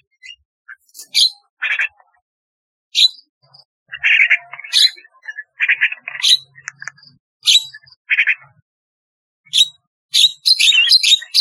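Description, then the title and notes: Starling singing a varied medley of scratchy notes, clicks and brief whistles, delivered in uneven bursts with short gaps. "Kicau Burung Jalak"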